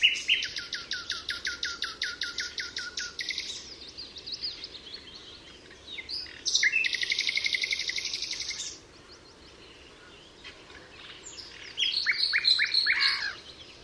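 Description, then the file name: Common nightingale song: rapid repeated chirping notes in a fast rhythmic series, then a dense buzzy phrase, and after a pause a loud varied rattling phrase. Recorded at Altmühlsee on 27 April 2014. "Nachtigall. Altmuehlsee. Susanne Rieck"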